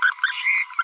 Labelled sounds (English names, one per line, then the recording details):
Green-rumped Parrotlet babbling
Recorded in a nest box in Venezuela
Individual 18B25A3